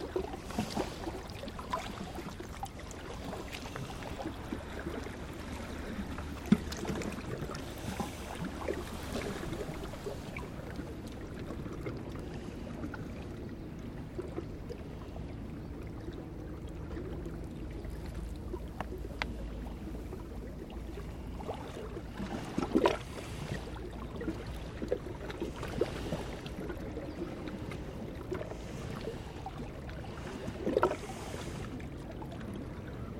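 Water flows steadily into a small inlet with a low, even rush, broken by a few brief splashes or knocks around 7, 23 and 31 seconds.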